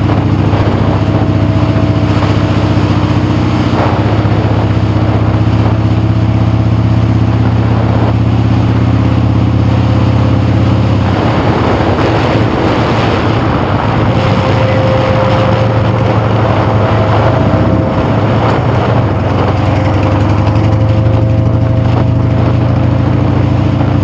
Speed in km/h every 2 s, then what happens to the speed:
40, 44, 45, 47, 45, 48, 35, 35, 31, 29, 39, 42.
0-11 speeds up to 48. 11-17 slows to 29. 18-20 speeds up to 39.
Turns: none.